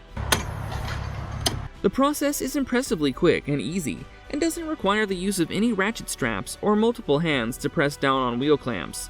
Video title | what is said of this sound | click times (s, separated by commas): Is This the Best Bike Rack EVER? | thanks to the light ratcheting action although you can feel and hear the clicks as the ratchet engages | 0.3 s, 1.5 s